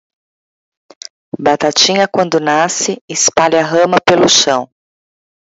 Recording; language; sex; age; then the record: short text; Brazilian Portuguese; female; 50 to 59 years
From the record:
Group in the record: control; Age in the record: 51 years